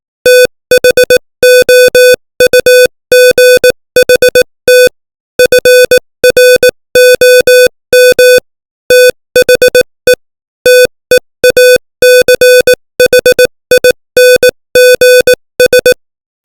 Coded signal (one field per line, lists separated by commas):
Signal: Morse code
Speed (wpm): 18 wpm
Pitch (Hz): 500 Hz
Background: music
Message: THOUGHT FROM THE TEACHINGS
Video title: Morse Code 18 WPM : Confucianism